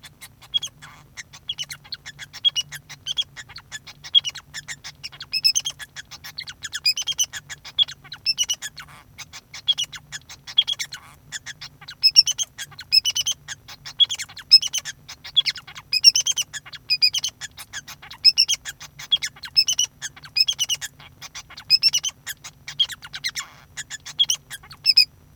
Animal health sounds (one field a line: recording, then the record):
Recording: song of a male Bengalese finch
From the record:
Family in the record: son of father 2